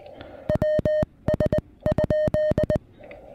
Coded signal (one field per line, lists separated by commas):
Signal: Morse code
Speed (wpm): 20 wpm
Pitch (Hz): 610 Hz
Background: music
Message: WS?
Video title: SOTA and Stunning Views: Breaking in the Venus SW-3B on Dogback Mountain!